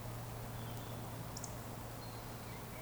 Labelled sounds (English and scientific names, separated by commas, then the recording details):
Eurasian Woodcock (Scolopax rusticola) whistle
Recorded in Baden-Württemberg, Germany, on 15 June 2020 at 19:20 UTC
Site 14569, 102 m above sea level